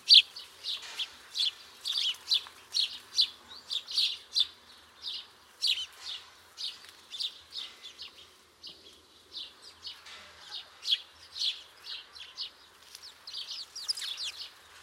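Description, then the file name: House sparrow chirps: a steady stream of short, bright cheeps repeated rapidly. "Passer domesticus"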